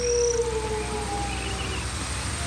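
A long, eerie hound howl on a moor, drawn out in thin wavering tones, sliding slowly downward over a low, steady rumbling background, with no voices present.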